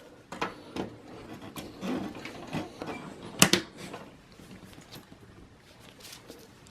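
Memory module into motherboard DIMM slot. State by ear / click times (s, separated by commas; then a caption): seated / 3.4 s, 3.5 s. A DDR3 memory stick is pressed into a DIMM slot on an HP Elite 8300 desktop motherboard, with soft handling and rustling at first. Two sharp clicks at 3.4 s and 3.5 s are both side retention clips snapping closed. The module is seated properly.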